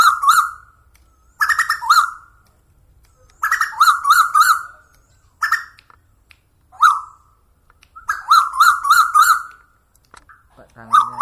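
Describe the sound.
Bird chatter: quick bursts of loud, rapid, wavering notes with bright overtones, coming in clusters every second or two, with short gaps between.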